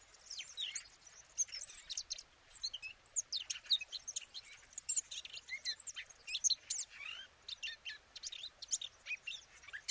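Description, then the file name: Eurasian blackcap delivering a continuous rapid warble of sharp high notes, twittering and slurred whistles throughout. "Sylvia atricapilla"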